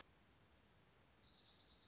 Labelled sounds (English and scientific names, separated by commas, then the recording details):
Orange-crowned Warbler (Leiothlypis celata)
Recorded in Sonoma County, California